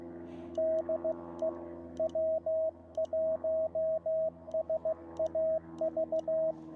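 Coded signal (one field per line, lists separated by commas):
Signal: Morse code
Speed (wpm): 16 wpm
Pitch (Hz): 640 Hz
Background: radio noise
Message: DE W1SAV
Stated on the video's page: Park activation reaching exactly ten contacts, with long quiet stretches.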